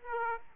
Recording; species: mosquito wingbeat signal from an infrared sensor; Aedes aegypti